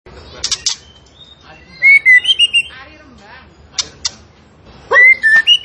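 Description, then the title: Zebra finch song: bright whistled phrases with slurred, rising and falling notes, broken by sharp, harsh bursts, in short loud outbursts with pauses between. A songbird singing vigorously (gacor), used as a model for caged birds to learn from. "Masteran Burung Tembakan Gacor"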